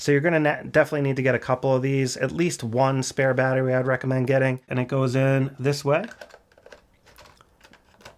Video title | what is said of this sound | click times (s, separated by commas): Canon R10 Beginners Guide - How-To Use & Everything Else You Need To Know! | and it just locks into place with this little lever here and it also comes with the battery charger | 8.1 s